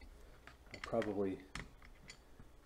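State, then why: Not seated. Plastic supports are pushed into place in a Prusa i3 MK3 printer frame, with a few short taps and someone talking over a low hum. The supports don't snap in because they were not placed exactly right and are a hair off, so nothing has seated or clicked yet.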